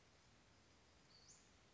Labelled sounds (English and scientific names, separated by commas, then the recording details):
Western Flycatcher (Empidonax difficilis)
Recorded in Sonoma County, California